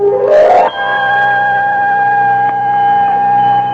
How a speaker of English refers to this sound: What do they make there? Teresins. What are those? Little bells which the dancing girls wear on their fingers and toes. Oh. The most beautiful little bells in the world. Come, you shall hear them for yourself.